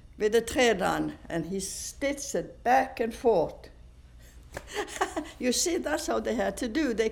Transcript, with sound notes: with a thread on, and he stitched it back and forth. (she laughs) You see, that's how that they had to do.